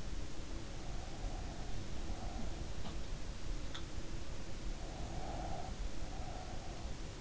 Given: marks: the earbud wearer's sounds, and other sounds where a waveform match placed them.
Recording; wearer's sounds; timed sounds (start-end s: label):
sounds in sleep by an in-ear microphone; breath
0.86-2.83 s: breath
4.85-6.92 s: breath